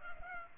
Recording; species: mosquito wingbeat signal from an infrared sensor; Culex pipiens